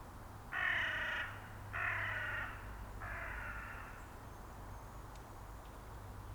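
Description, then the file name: Carrion crow calling with three raspy caws in quick succession, the last one weaker, followed by a few seconds of quiet background. "Corvus corone"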